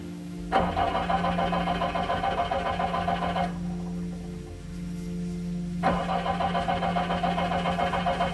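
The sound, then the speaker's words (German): A car engine cranks and sputters in a rough, mid-pitched drone, dips and weakens partway through, then grinds on again without settling into a smooth idle. No voices. “Der Wagen gab nur ein heiseres Röcheln von sich.”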